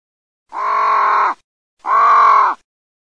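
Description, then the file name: Crow calls: two long, harsh, rasping caws, each close to a second, separated by a short pause. "CORNACCHIE"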